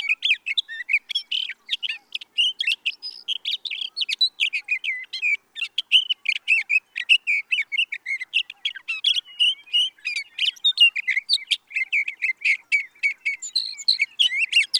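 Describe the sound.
Sage thrasher in long, sustained song, an unbroken rambling warble of quick chirps, trills and slurred whistles lasting the whole stretch.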